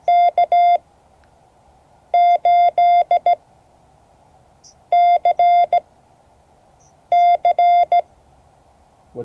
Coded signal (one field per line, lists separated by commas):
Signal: Morse code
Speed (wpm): 16 wpm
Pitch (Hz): 700 Hz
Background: none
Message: K8CC